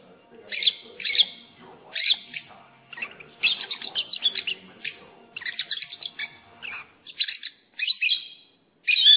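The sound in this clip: Lovebird giving shrill chirps in short bursts separated by brief pauses, ending with a sharp squeak.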